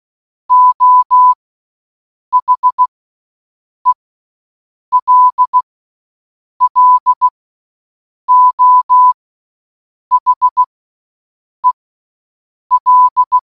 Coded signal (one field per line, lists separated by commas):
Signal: Morse code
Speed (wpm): 16 wpm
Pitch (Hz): 1000 Hz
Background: none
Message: O HELLO HEL